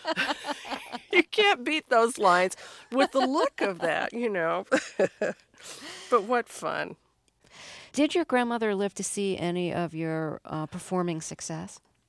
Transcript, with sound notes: You can't beat those lines with the look of that, you know (laughter)? But what fun.
Did your grandmother live to see any of your performing success?